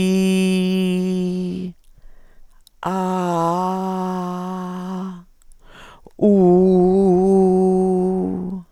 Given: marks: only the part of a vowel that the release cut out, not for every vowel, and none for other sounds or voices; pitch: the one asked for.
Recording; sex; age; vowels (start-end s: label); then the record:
sustained vowels; female; 70 to 79 years
0.00-1.30 s: vowel /i/, normal pitch
3.00-4.51 s: vowel /a/, normal pitch
6.43-8.01 s: vowel /u/, normal pitch
From the record:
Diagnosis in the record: recurrent laryngeal nerve paralysis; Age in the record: 72 years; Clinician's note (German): Links, strumiprive, geringe Restbeweglichkeit